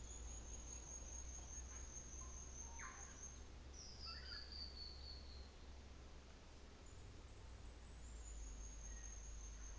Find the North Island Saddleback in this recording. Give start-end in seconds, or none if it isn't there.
none